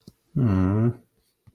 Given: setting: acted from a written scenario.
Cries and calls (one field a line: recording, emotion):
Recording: vocal sound without words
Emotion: sympathy